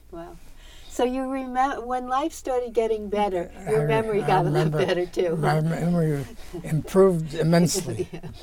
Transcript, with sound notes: Whoa so you remember, when life started getting better your memory got a lot better too (laughing)
My memory improved immensely,